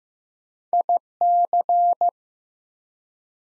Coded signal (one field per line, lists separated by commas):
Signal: Morse code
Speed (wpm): 15 wpm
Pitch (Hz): 700 Hz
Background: none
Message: IC